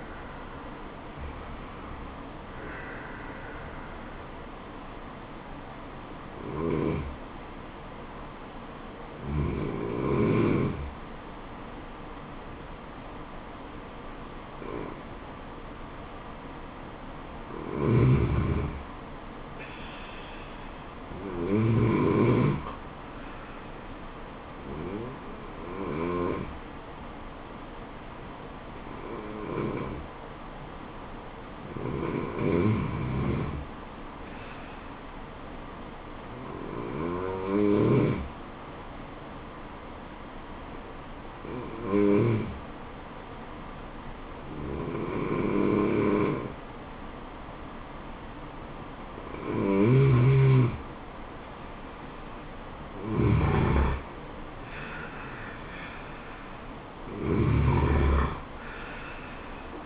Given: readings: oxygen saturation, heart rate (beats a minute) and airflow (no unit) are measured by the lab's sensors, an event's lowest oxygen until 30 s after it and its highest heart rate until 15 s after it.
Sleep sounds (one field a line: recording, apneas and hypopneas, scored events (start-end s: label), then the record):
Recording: breathing in sleep by a voice recorder at the bedside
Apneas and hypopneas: 1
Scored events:
7.00-37.00 s: new sleep stage, N1 (lightest sleep)
26.00-52.20 s: hypopnea (N1, oxygen 96% highest, then 90% lowest, heart rate 79 at the start, 79 highest)
37.00-59.85 s: new sleep stage, N2 (light sleep)
From the record:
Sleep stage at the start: N2 (light sleep)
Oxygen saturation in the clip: 84 to 96%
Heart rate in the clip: 70 to 80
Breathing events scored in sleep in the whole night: 426 in 7.4 hours asleep